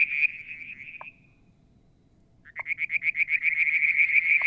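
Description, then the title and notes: Frog trill fades into about a second and a half of near silence, then a new run of evenly spaced pulses begins, with short lower pops now and then. Striped marsh frog, Verreaux's tree frog and an unidentified frog; one evening near a water tank, Mount Wilson, New South Wales, Australia, July 2022. "Frog song, Mount Wilson, New South Wales, Australia in July 2022. Limnodynastes Peronii, Litoria Verreauxii and a mystery frog one evening near the water tank"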